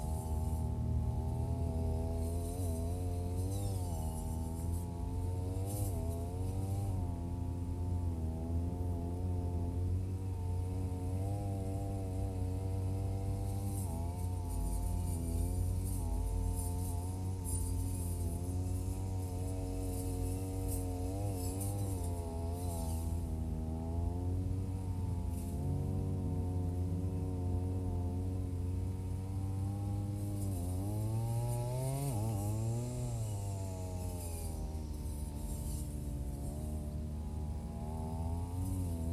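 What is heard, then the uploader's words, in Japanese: A brush cutter runs continuously, its engine note holding a steady buzzing drone with frequent small rises and dips in pitch as the blade meets grass. Around the thirty-second mark it revs up sharply, then settles back. Faint scraping and swishing sounds accompany the cutting throughout. ひたすら草刈り機で草刈り。梅雨真っ只中、田植えを終えホッとするも、畑を見回れば今度は草達が元気いっぱい(･･;)。草刈り機でネギの列、そして畑まわりを刈っていきます。録音場所は固定なので、あっちへ行ったり、こっちへ行ったりがわかりますね。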